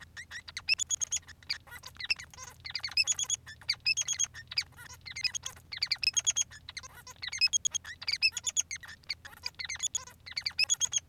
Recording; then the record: song of a male Bengalese finch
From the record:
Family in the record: son of father 3